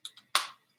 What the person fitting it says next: I heard that click at the button there we go